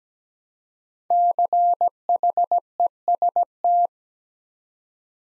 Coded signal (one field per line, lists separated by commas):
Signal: Morse code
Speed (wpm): 17 wpm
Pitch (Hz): 700 Hz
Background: none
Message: CHEST